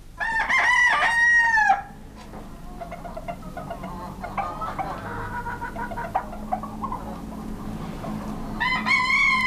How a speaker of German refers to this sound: Schon die Hähne. In meinem Fenster klettert der Morgenstern erst an den Masten der Segler herauf.